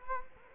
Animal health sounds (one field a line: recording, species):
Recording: mosquito wingbeat signal from an infrared sensor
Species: Culex quinquefasciatus